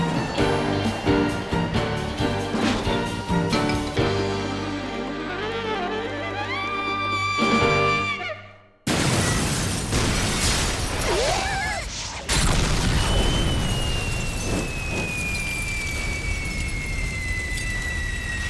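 Sustained musical chords play, then cut to a brief silence before a loud explosion in a building in Akihabara bursts out with shattering glass, followed by a long roaring rumble and a thin whistling tone; the explosion was caused by trouble at an illegal casino.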